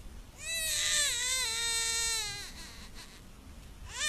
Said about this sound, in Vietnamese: Mấy đứa trẻ con đỏ hon hòn thẳng thốt khóc ré lên trong đêm tĩnh lặng.